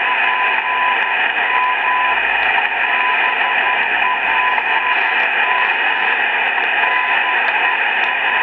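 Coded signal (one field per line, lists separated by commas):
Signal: radio time signal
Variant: BPM and WWV together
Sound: loud shortwave hiss with a faint on-off 1 kHz tone and weak ticks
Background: radio static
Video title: 10000 kHz - BPM Time Signal (Pucheng, China) + WWV Time Signal (Fort Collins, USA)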